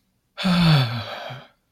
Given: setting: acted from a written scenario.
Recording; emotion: vocal sound without words; fear